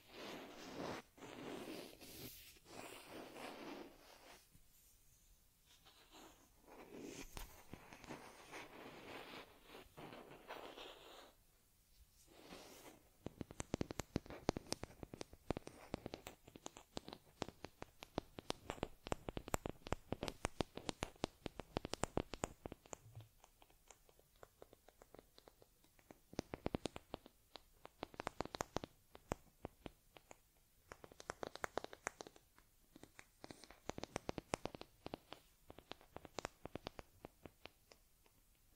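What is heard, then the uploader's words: Dry rubbing and brushing sounds of grooming a stuffed teddy, with soft scrubbing strokes in the first twelve seconds. From about thirteen seconds on come dense, rapid crackly scratches like combing through fur, in repeated bursts with brief pauses. ASMR Taking Care of Teddy Head Massage, Facial Cleansing, Fur Combing and Ear Cleaning(No Talking).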